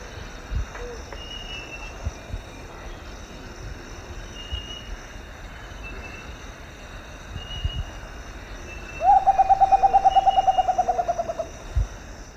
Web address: Natures Songs S America Eastern Lowlands. Nyctibius bracteatus, song